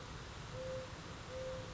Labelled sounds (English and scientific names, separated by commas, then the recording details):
Mourning Dove (Zenaida macroura)
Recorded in Sonoma County, California